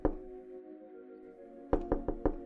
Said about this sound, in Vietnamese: Tiếng gõ cửa ở phía trước bất ngờ vang lên